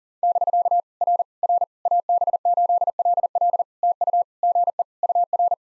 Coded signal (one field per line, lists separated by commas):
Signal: Morse code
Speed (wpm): 40 wpm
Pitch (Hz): 700 Hz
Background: none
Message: <BK> R R AB8LL TU GE UR